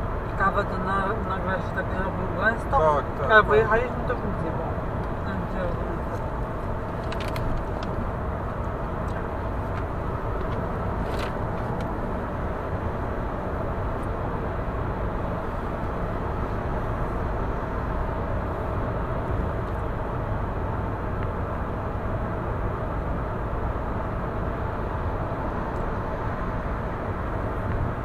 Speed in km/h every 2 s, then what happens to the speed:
93, 92, 93, 93, 93, 92, 92, 94, 94, 94, 93, 93, 93, 93.
0-28 steady at about 93.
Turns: none.